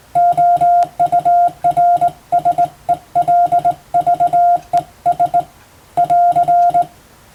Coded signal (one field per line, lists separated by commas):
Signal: Morse code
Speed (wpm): 20 wpm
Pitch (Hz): 700 Hz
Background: music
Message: OURSELVES <AR>